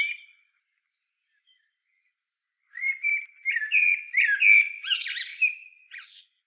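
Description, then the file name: Common blackbird singing one phrase of fluty, slurred whistles that climbs into a shrill, scratchy twitter, after a brief opening note and a pause. "Turdus merula"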